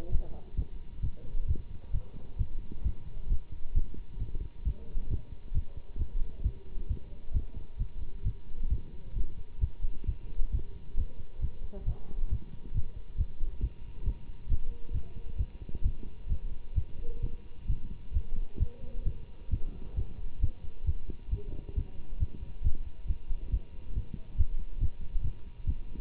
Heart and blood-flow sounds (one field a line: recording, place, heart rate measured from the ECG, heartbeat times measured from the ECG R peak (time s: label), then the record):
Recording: heart sounds by stethoscope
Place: between the tricuspid and mitral areas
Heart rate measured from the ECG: 134 bpm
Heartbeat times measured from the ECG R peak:
0.11 s: heartbeat
0.56 s: heartbeat
1.02 s: heartbeat
1.47 s: heartbeat
1.93 s: heartbeat
2.38 s: heartbeat
2.83 s: heartbeat
3.29 s: heartbeat
3.74 s: heartbeat
4.19 s: heartbeat
4.64 s: heartbeat
5.09 s: heartbeat
5.54 s: heartbeat
5.98 s: heartbeat
6.43 s: heartbeat
6.88 s: heartbeat
7.33 s: heartbeat
7.78 s: heartbeat
8.24 s: heartbeat
8.69 s: heartbeat
9.15 s: heartbeat
9.60 s: heartbeat
10.06 s: heartbeat
10.52 s: heartbeat
10.96 s: heartbeat
11.41 s: heartbeat
11.85 s: heartbeat
12.30 s: heartbeat
12.73 s: heartbeat
13.17 s: heartbeat
13.61 s: heartbeat
14.05 s: heartbeat
14.49 s: heartbeat
14.93 s: heartbeat
15.38 s: heartbeat
15.83 s: heartbeat
16.29 s: heartbeat
16.75 s: heartbeat
17.21 s: heartbeat
17.67 s: heartbeat
18.13 s: heartbeat
18.59 s: heartbeat
19.05 s: heartbeat
19.50 s: heartbeat
19.96 s: heartbeat
20.41 s: heartbeat
20.86 s: heartbeat
21.30 s: heartbeat
21.75 s: heartbeat
22.19 s: heartbeat
22.63 s: heartbeat
23.07 s: heartbeat
23.51 s: heartbeat
23.94 s: heartbeat
24.37 s: heartbeat
24.80 s: heartbeat
25.23 s: heartbeat
25.66 s: heartbeat
From the record:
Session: Bruce protocol treadmill stress test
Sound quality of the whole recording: good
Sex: male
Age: 24 years